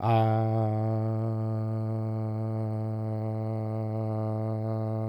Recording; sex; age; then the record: sustained vowel /a/; male; 40 to 49 years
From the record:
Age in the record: 46 years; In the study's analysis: included